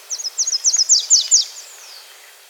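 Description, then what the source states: Slate-throated redstart song: a quick series of high, thin, down-slurred notes in loose pairs at an even pace, then a longer down-slurred note that trails off. Recorded in South America.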